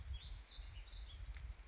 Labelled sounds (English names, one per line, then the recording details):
Warbling Vireo
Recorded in Sonoma County, California